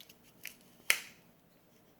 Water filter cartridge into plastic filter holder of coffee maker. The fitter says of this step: put it on top of this little piece, and pop it back in place